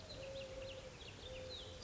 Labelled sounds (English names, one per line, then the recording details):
Mourning Dove
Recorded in Sonoma County, California